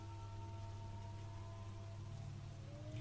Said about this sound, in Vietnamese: Hơn một giờ đồng hồ trôi qua, cơn mưa không có dấu hiệu tạnh, dường như càng ngày càng nặng hạt. Gió thổi lồng lộng.